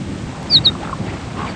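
Horned lark call: two brief, thin, high notes given in quick succession, over a low rumbling background.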